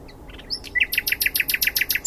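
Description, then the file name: Common nightingale song: a few soft notes, then a rapid series of loud, repeated high chirps. "Luscinia megarhynchos"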